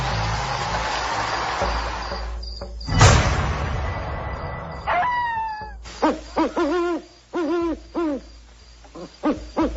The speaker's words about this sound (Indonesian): Sepinya suasana malam di pedesaan